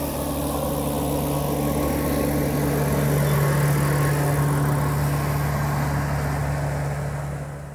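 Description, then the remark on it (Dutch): A tractor on a cycle path drones steadily with a low, throbbing hum and rumbling vibration, swelling slightly in loudness midway before easing off as it goes by. No one speaks. “Dat is de tractor op het fietspad.”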